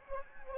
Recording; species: mosquito wingbeat signal from an infrared sensor; Anopheles gambiae